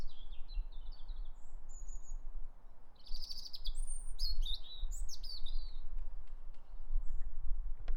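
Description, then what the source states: Birds chirping and twittering in lively high-pitched bursts, some notes sliding down, over a low background rumble. Birds in a garden.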